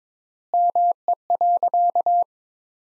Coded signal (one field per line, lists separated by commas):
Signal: Morse code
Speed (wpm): 21 wpm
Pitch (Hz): 700 Hz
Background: none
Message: ME.